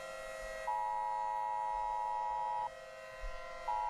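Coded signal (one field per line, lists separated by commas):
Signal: Emergency Alert System (SAME) tones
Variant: 853 and 960 Hz attention tone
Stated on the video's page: EAS tones from an analog horror EAS scenario, fictional.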